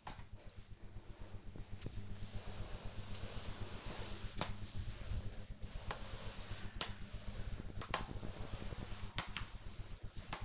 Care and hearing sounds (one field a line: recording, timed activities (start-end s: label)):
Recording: household activities, microphone on the right wrist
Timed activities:
0.00-10.45 s: floor cleaning